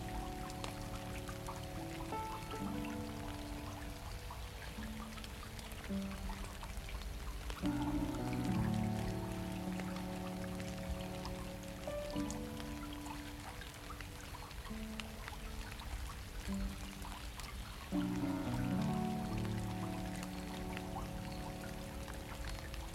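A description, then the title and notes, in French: Rain falls into a stream, a dense, even patter and trickle that runs steadily through the whole recording. Over it plays soft, slow music with sustained low chords and gentle melodic notes, changing chords around 2, 8 and 18 seconds. Le son apaisant de la pluie dans l'eau d'un ruisseau, accompagné d'une musique douce et relaxante.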